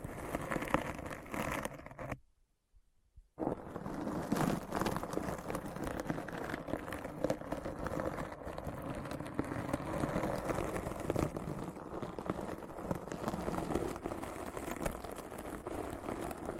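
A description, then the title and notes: A dense, grinding wash of scratchy noise runs throughout, heavy in the low and middle range with a rough, engine-like rumble. It cuts to complete silence from about two to three and a half seconds, then resumes and churns steadily with small flickering bursts to the end. ASMR Deep Brain Scratch (No Talking).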